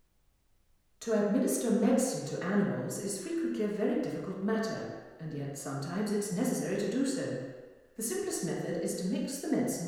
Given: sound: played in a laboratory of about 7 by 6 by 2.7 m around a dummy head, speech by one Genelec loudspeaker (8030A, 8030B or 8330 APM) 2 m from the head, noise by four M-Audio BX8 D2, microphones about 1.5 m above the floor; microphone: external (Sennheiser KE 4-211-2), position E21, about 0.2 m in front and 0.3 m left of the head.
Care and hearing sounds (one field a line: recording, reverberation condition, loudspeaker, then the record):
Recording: female speech in English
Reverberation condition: high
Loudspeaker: 60 degrees to the right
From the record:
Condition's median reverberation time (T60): about 1300 ms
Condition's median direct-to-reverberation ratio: about -4.0 dB